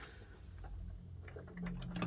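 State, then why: Not seated. A plastic toy tank part is handled against its locking mount on the hull after refitting, being worked toward sliding in and locking into place. A low steady hum runs underneath, with a few light ticks and rattles near the end, around 1.7 to 2.0 seconds. The part has not seated or clicked into place yet.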